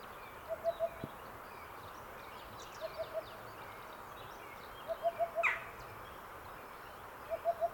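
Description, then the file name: Cuckoo calling in quick, mellow runs of three or four even notes, repeated about every two seconds over a soft steady background hiss. "minutes of cuckoos"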